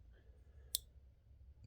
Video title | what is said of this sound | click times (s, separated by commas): Injector connector replacement Miata, MX5. | and to put it back in you just literally pull it in and I'll be quiet so you can hear the click | 0.8 s